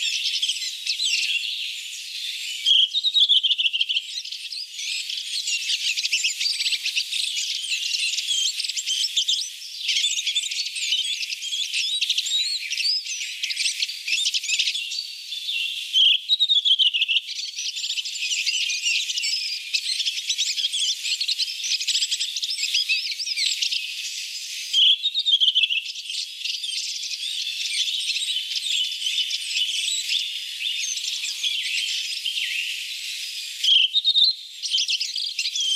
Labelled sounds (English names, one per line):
Redwing song